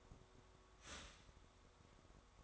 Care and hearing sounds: daily activity, microphone in the room; start toaster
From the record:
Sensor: 3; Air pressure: 1004.2 hPa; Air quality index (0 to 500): 201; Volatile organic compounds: 15 ppm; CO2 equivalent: 2513 ppm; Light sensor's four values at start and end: 4/11/4/4 and 4/11/4/4

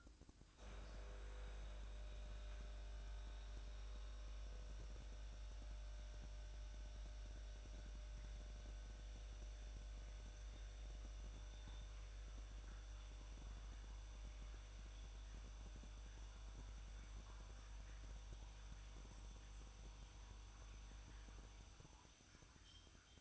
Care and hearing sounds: daily activity, microphone in the room; make coffee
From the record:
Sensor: 2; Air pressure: 1007.3 hPa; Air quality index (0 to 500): 49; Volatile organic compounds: 1 ppm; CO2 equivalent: 566 ppm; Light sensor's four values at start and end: 6/13/5/5 and 6/13/5/6

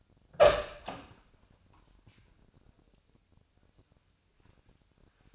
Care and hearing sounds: daily activity, microphone in the room; open door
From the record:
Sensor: 2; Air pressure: 1007.2 hPa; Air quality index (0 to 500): 188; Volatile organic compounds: 11 ppm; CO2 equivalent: 2306 ppm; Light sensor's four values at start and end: 10/24/10/10 and 10/24/10/10

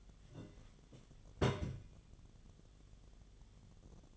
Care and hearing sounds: daily activity, microphone in the room; place on stove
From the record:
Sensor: 4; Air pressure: 1010.8 hPa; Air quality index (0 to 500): 167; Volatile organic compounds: 4 ppm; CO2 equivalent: 1699 ppm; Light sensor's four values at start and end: 41/116/46/48 and 40/115/46/47

